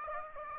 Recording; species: mosquito wingbeat signal from an infrared sensor; Aedes aegypti